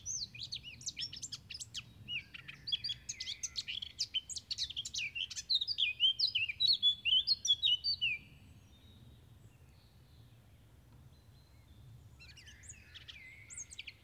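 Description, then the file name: Eurasian blackcap song: a fast, varied warbling phrase of twittering and scratchy notes lasting about eight seconds, then a quiet pause before a brief new phrase begins. "Sylvia atricapilla"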